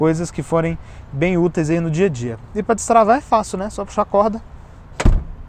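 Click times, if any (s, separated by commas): 5.0 s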